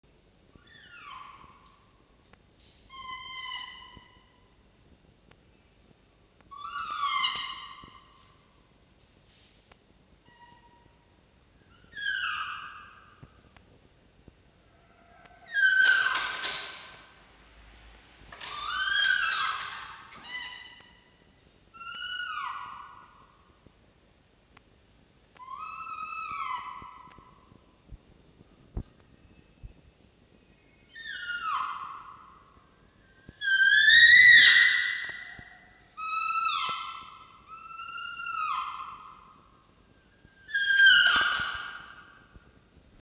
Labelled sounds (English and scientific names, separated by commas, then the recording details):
Red Fox (Vulpes vulpes)
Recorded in captivity
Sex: female
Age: adult
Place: Zoologisches Institut der HUB, Berlin, DE
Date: 1953-03-09 16:30
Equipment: Elmetra
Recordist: Tembrock, Günter
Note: Fiffi (an Tür zum Mittelzimmer): Winselkreischen; Jupp: (im Mittelzimmer)